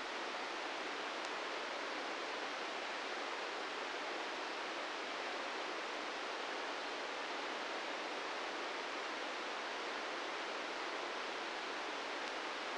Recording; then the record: brain microelectrode recording played as sound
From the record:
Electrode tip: inside the subthalamic nucleus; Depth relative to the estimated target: -1 mm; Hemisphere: left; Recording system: NeuroSet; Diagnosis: Parkinson's disease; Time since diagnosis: 13 years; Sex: male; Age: 66 years